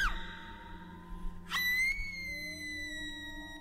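A woman's high, piercing scream rings out in long sustained tones, breaks into a sharp burst partway through, then holds and slowly trails away as she vanishes into thick fog at night, with no talking.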